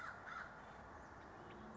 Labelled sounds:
American Crow

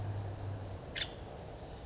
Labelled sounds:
Nuttall's Woodpecker

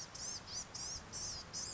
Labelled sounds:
Blue-gray Gnatcatcher

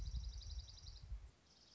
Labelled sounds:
Dark-eyed Junco

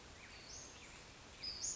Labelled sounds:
Western Flycatcher

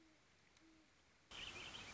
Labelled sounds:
Great Horned Owl

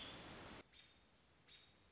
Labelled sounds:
American Robin

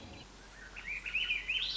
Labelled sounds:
Swainson's Thrush

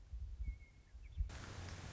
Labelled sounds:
Western Meadowlark

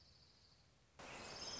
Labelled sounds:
Orange-crowned Warbler

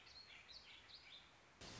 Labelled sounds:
Warbling Vireo

